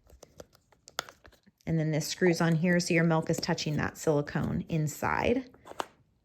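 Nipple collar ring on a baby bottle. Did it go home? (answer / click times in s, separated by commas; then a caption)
yes / 5.8 s. A plastic collar ring holding a silicone nipple is screwed onto a baby bottle and turned until it locks. After some light handling taps early on, someone talks, and one sharp, short click is heard at 5.8 s as the collar locks into place.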